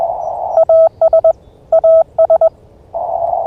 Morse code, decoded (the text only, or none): AS AS